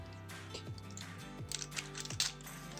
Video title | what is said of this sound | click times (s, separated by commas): 암행어사출두요! 초합금혼 GX-61 최강로보 다이오쟈 最强ロボ ダイオージャ 超合金魂 CHOGOKIN DAIOJA | 이 끝까지 예 착 소리가 나면서 이제 고정이 잘되요 | 2.2 s